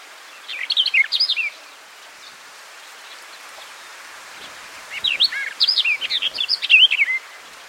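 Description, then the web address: Barred warbler giving two short bursts of scratchy, chattering high notes, the first brief and the second longer, separated by a few seconds of quiet. "barred wood warbler bird call"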